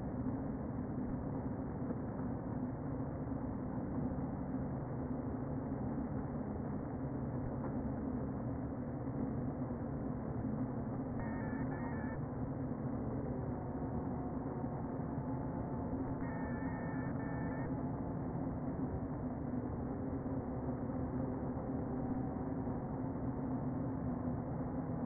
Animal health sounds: honeybee colony, microphone inside the hive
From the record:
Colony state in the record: queen present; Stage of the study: before two queens were removed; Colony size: about 60,000 bees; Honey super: yes

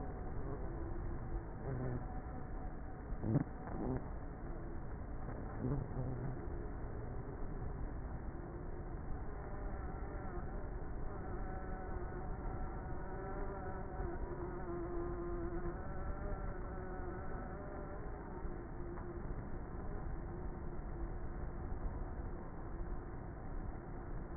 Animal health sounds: honeybee colony, microphone inside the hive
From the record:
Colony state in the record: queenless with a low population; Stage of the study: before two queens were removed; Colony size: about 30,000 bees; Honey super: no

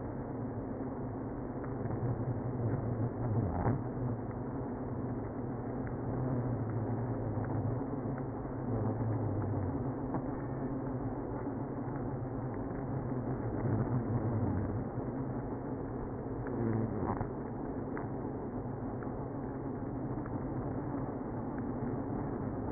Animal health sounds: honeybee colony, microphone inside the hive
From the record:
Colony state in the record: queenless (queen removed); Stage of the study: after two queens were removed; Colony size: about 60,000 bees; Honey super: yes

